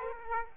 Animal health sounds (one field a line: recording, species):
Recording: mosquito wingbeat signal from an infrared sensor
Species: Aedes aegypti